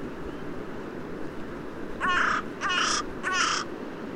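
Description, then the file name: Carrion crow giving three hoarse caws in quick succession after two seconds of background noise. "Corvus corone"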